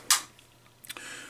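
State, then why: Seated. A base plate is slid back onto a used firearm magazine body during inspection reassembly and pops into place with a sharp, bright click at 0.1 s, then stays held, a good sign. Faint ticks follow, then a couple of small clicks around 0.9 and 1.0 s over a steady hiss.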